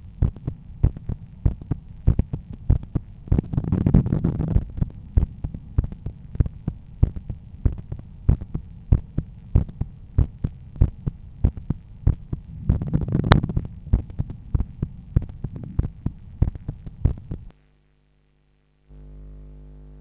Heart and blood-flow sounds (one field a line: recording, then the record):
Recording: heart sounds by stethoscope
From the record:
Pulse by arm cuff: 96 bpm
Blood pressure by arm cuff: 113/74 mmHg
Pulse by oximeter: 98 bpm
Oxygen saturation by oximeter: 97%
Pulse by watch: 89 bpm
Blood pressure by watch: 126/81 mmHg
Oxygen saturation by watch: 98%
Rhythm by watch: sinus rhythm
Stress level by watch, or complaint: low stress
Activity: after 5 min smoking and 1 beer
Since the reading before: plus 2000 steps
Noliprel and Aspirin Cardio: after pills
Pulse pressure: 39 mmHg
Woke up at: 7:50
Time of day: 10:47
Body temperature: 36.5 C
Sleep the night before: 7 h 52 min, score 75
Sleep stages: REM 24%, light 55%, deep 12%, awake 9%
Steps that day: 9500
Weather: sunny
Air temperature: 21 C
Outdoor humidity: 70%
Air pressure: 1013 hPa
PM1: 5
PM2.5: 8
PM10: 9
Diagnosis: hypertension, treated with Noliprel and Aspirin Cardio 100 mg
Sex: male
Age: 53 years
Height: 174 cm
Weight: 81 kg